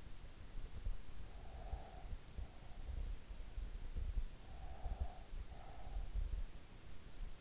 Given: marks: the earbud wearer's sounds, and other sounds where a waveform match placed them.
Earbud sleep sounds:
sounds in sleep by an in-ear microphone; breath
1.25-2.55 s: breath
4.56-6.66 s: breath

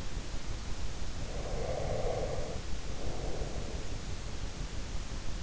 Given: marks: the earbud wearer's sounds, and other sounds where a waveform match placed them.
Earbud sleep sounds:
sounds in sleep by an in-ear microphone; breath
1.38-4.50 s: breath

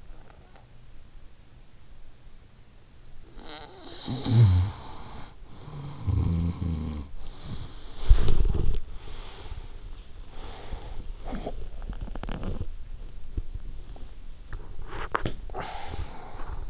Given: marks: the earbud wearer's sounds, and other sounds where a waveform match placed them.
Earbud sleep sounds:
sounds in sleep by an in-ear microphone; swallowing, snoring breath, breath, body movement, talking in sleep
0.00-0.92 s: swallowing
2.95-7.25 s: snoring breath
7.41-16.70 s: breath
7.57-16.70 s: body movement
11.25-11.85 s: talking in sleep

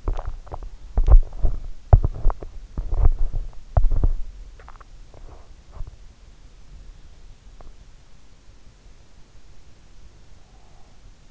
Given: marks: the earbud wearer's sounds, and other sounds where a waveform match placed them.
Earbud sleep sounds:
sounds in sleep by an in-ear microphone; swallowing, teeth grinding, breath
0.00-0.84 s: swallowing
0.84-4.35 s: teeth grinding
4.48-5.03 s: swallowing
9.99-11.31 s: breath

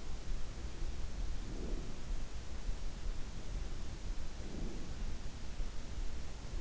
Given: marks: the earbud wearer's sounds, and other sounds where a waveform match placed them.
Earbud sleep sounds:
sounds in sleep by an in-ear microphone; breath
1.39-2.15 s: breath
4.26-5.01 s: breath

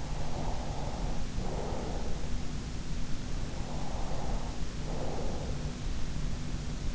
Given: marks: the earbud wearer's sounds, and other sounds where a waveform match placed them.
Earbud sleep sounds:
sounds in sleep by an in-ear microphone; breath
0.24-2.18 s: breath
3.57-5.47 s: breath

